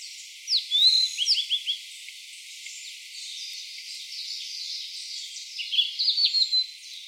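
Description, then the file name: Flycatcher singing two bursts of high, rapid twittering notes, one early and one near the end, separated by quieter chattering and hiss. Local name tledekan laut. "tledekanlaut omkicau"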